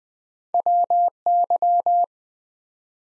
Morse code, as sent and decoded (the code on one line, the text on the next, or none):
.-- -.--
WY